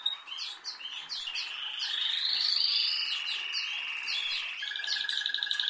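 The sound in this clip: Canary song: quick chirps lead into a long, sweeping rolled tour, ending in a fast, low rattling trill.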